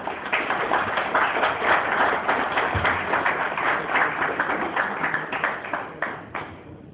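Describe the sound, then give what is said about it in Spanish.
Loud, sustained applause from a crowd for the rector of the Universidad Católica de La Plata: a dense, crackling wash of many hands clapping at once, holding steady for several seconds before easing slightly at the end, with no talking over it. “Agradecemos con un fuerte aplauso.”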